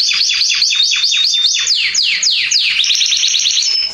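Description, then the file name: Canary song of rapid, repeated descending sweeps, each sliding down from high to middle pitch, then a fast, even high trill. "Canary Voice"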